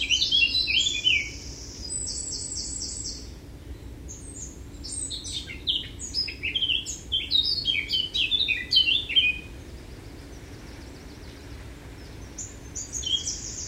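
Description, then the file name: Eurasian blackcap song: loud, tumbling warble of quick varied notes lasting several seconds, then a quieter thin phrase and a short closing burst. "Sylvia atricapilla"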